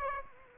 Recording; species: mosquito wingbeat signal from an infrared sensor; Aedes aegypti